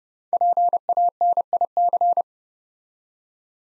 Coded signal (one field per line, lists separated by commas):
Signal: Morse code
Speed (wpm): 30 wpm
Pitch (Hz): 700 Hz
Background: none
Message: PANIC